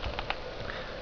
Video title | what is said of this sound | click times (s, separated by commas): Dell Latitude C Series HD, RAM, and Network Card Install How-To | sure the notches line up push it in and then very gently push it down until it clicks for the | 0.3 s